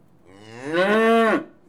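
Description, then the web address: Cattle moo, a single loud bellow rising then holding steady for about a second before cutting off. Cattle in a yard after TB testing. "BBC Sound Effects Library Livestock Cattle TB Tested In Yard"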